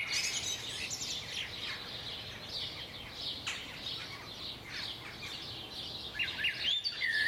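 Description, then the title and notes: A bird chorus of busy overlapping chirps and trills, ending in a couple of clearer whistled notes, with steady low background noise throughout. Recorded at 4am. "Birds at 4am by Daniel Sky"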